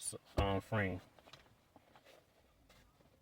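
Someone talks while lining up the sun visor clip on a 7th-generation Nissan Maxima, positioning the visor's lip on top of the metal roof frame before pushing the clip up into place. After the talking, only faint, brief handling taps are heard around 1.2, 1.3 and 1.8 seconds. The clip has not clicked or seated yet.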